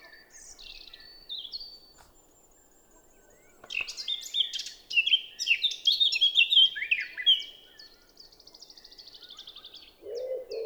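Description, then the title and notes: Eurasian blackcap song: soft scratchy notes, then a loud, rich, fluting warble of rapid varied phrases, with a wood pigeon's low cooing at the end. Recorded 10 April 2020 at Champs des Blas, Val Maravel, after the dawn chorus; melodious song; wood pigeon cooing behind; Nagra LB stereo omni MKH20. "Fauvette à tête noire (Sylvia atricapilla). Champs des Blas - Val Maravel"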